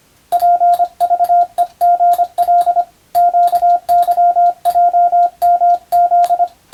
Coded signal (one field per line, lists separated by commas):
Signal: Morse code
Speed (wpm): 25 wpm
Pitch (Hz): 700 Hz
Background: radio noise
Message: PVEGL QYJMZ